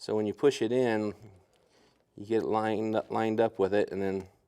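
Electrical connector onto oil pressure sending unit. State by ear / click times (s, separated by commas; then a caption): not seated / none. An electrical connector is pushed in and lined up with the locking tab of an oil pressure sending unit on a 2000-2006 GM truck or SUV while someone talks. There is a quiet pause in the middle of the speech, and nothing has snapped or seated onto the tab yet.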